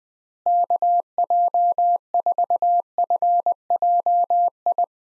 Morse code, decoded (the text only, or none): KJ4FJI